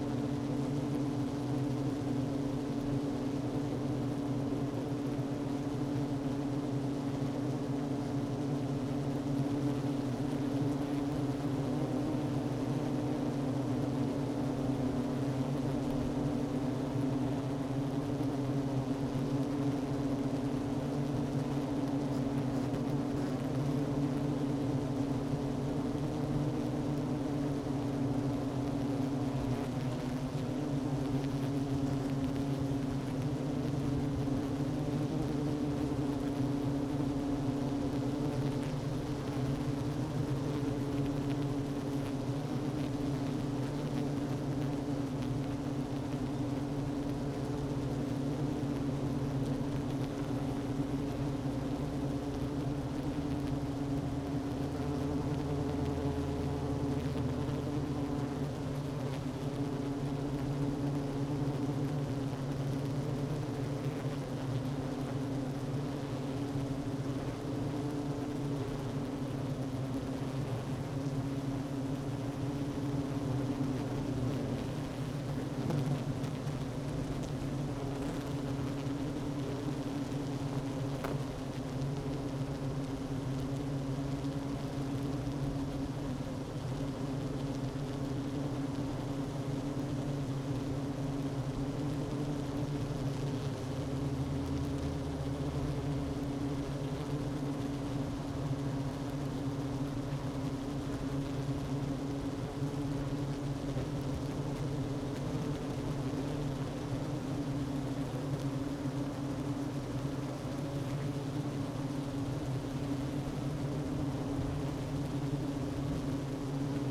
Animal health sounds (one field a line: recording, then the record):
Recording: honeybee colony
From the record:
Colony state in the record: active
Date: 12 June 2018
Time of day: 11:17